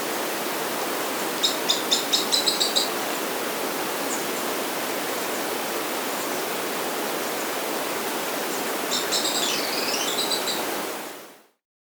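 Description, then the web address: Mottle-cheeked tyrannulet song: a quick run of several thin high notes, later a twisting, warbled high phrase, all over steady loud hiss. South America. "Natures Songs S America Mottle-Cheeked Tyrannulet"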